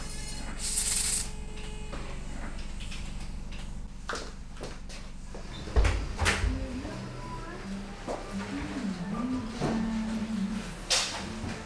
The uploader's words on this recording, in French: "Une petite fourmi" nous fait découvrir l environnement sonore des machines et instruments d Alexandra & ses nombreuses manipulations.